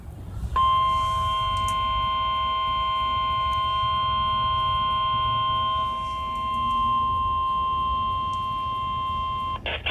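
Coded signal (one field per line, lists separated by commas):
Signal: Emergency Alert System (SAME) tones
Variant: 1050 Hz attention tone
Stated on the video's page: Required weekly test with live voiced message.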